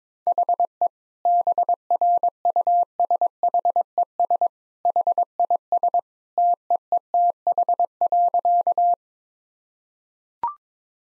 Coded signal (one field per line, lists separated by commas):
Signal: Morse code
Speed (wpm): 22 wpm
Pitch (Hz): 700 Hz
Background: none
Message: HE BRUSHES HIS TEETH.